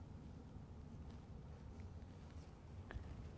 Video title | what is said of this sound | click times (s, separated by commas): How to Install ICI Magnum Rear Bumper on a 2017 Ram 1500 | in the same orientation that we took them out of our factory bumper, and we're just going to push them in until they click into place. | 2.9 s